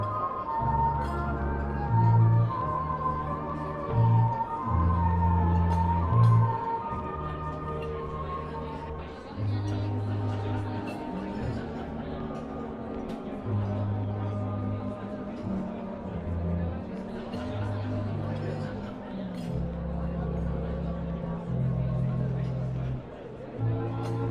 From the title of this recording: Oldie music playing in a coffee shop (light talking)